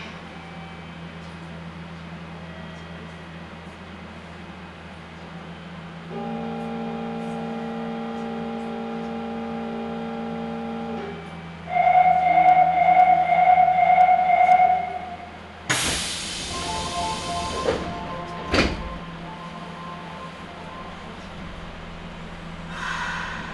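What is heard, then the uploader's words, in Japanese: Aboard a Nagoya Sakura-dori Line subway train, a low steady hum runs throughout. A held chime sounds from about 6 to 11 seconds, then a rapid pulsing tone follows; around 16 seconds a loud hiss and thump, likely the doors, cut in before softer tones return. 名古屋市営地下鉄桜通線 太閤通→徳重。桜通線の太閤通から徳重までの全区間を乗った時のものです。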